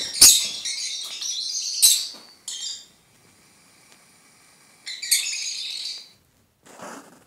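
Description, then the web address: Lovebird chatter in a few short buzzy, squeaky bursts, with about two seconds of near silence in the middle, ending in a faint scratchy note. Several lovebirds (Agapornis) singing. "penie popugajchikov nerazluchnikov. parrots agapornis"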